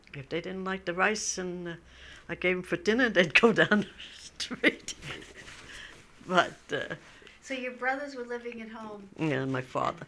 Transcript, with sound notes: If they didn't like the rice I gave them for dinner they'd go down the street. ( she laughs ) But...
So your brothers were living at home.
Yeah, and my father.